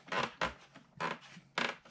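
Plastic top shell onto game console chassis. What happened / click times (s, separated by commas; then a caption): The plastic cover snapped onto its base / 1.6 s. The plastic top shell of a PS4 Slim game console is slid into position, pulled over and set down onto the chassis, producing several bursts of plastic scraping and rubbing with a sharp onset around 0.4 s. Its clips snap into place with a click at 1.6 s, and the shell is seated.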